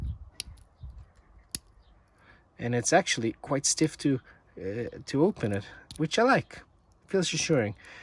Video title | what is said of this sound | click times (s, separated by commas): Steinhart Ocean One GMT 39 - With the new & improved ceramic bezel! | Stainless steel, feels good, locks into place with a really assuring sound. | 0.4 s, 1.6 s